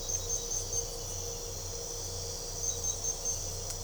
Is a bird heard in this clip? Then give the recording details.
no. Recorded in pastures near Puerto Asís, Putumayo, Colombia, on 22 December 2024 at 01:00. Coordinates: 0.497, -76.327. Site G088